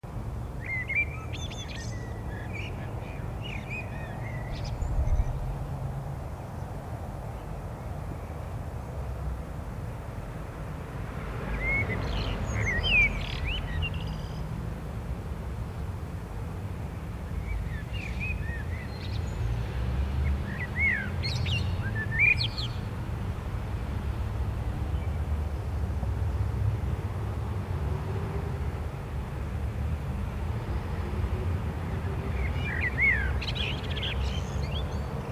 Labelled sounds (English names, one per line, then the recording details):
Common Blackbird song
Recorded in the wild
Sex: male
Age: adult
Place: Bielefeld-Mitte, Nordrhein-Westfalen, DE
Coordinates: 52.0075, 8.54833
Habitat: residential district
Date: 1973-05-27
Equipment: Uher 4200 Report Stereo, Bändchenmikro Beyer M 260, Parabolspiegel Polyester (600 mm)
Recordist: Conrads, Klaus